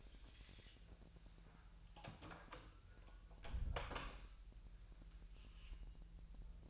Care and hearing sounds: daily activity, microphone in the room; close door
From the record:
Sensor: 2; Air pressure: 1001.1 hPa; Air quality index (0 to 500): 250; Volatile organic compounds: 93 ppm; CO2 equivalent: 3706 ppm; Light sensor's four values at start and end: 10/24/10/10 and 10/23/10/10

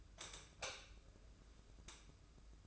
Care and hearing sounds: daily activity, microphone in the room; light off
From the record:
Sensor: 2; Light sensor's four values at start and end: 13/36/14/14 and 8/19/8/8

